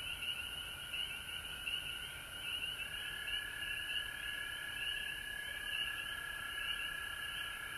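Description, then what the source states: Frog chorus with repeated rising trilled notes over a steady shrill hum from many callers. Recorded at home in Georgia on March 19, 2020.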